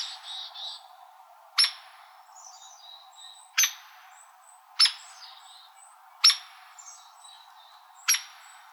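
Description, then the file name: Hairy woodpecker giving sharp, clipped peek calls about every one to two seconds, five in all, over faint high chirps of other birds. Calls recorded in Arizona. "HAWO CALLS 2 deviche"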